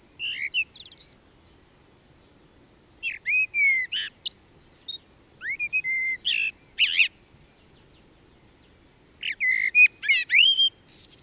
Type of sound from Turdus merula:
song